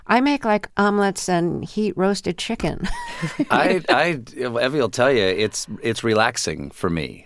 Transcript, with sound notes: I make, like, omelets and heat-roasted chicken (laughter).
Evie will tell you, it's relaxing for me.